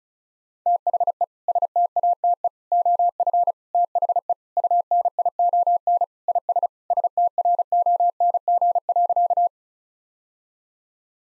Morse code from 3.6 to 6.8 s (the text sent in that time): THE UNION IS